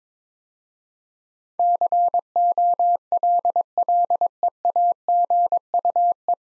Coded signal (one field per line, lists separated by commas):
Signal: Morse code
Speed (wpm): 22 wpm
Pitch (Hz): 700 Hz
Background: none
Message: COLLEAGUE